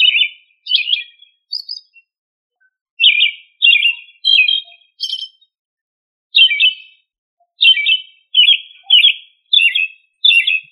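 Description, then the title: Thrush song of varied whistled and warbling phrases, delivered in quick clusters separated by short silences, a few thin high notes mixed in. "Familia Turdidae - Sabia"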